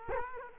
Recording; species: mosquito wingbeat signal from an infrared sensor; Culex quinquefasciatus